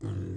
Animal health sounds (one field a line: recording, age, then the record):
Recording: pig call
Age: weaner (32 to 43 days)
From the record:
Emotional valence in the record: negative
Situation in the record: negative conditioning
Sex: female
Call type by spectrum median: low-frequency call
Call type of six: low-frequency stable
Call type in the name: low-frequency stable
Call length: 0.36 s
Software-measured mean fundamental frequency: 34 Hz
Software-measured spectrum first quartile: 101 Hz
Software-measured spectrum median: 159 Hz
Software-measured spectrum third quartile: 333 Hz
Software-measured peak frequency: 114 Hz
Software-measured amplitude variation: 118 dB a second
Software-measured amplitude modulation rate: 29.1 a second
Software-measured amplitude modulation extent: 4.0 dB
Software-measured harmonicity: -2.8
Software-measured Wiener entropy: -0.12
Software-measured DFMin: 994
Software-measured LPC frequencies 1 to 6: 279, 1280, 3203, 4055, 5019, 6096 Hz